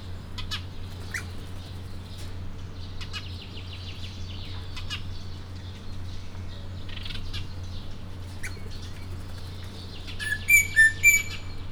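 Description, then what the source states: Rosella giving a short run of clear, high whistled notes near the end, after scattered faint chirps over a steady low hum. Rosella call at the end of the recording, Miskolc Zoo, 2018.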